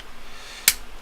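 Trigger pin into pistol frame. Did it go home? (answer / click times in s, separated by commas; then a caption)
partly / 0.7 s. A steel trigger pin is wiggled into the polymer frame of a Smith & Wesson M&P 9 pistol and catches with a single sharp, bright click at 0.7 s against a quiet background. The click means the pin has only started into the frame and is not fully seated; it still needs to be tapped further in with a hammer.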